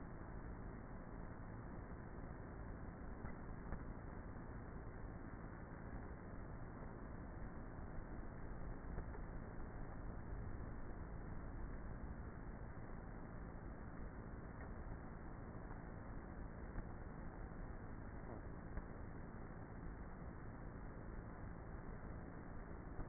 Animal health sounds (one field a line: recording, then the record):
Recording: honeybee colony, microphone inside the hive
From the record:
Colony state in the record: queenless with a low population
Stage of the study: before two queens were removed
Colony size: about 30,000 bees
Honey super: no